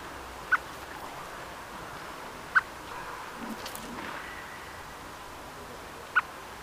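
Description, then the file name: Common blackbird giving three sharp, clicking chuck calls spaced about two to four seconds apart over a steady background hiss. "Turdus merula"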